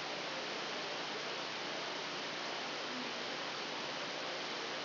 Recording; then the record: brain microelectrode recording played as sound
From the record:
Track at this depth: outside the subthalamic nucleus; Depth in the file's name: 1.313 mm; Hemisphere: left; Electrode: 2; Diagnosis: Parkinson's disease